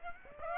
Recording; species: mosquito wingbeat signal from an infrared sensor; Aedes aegypti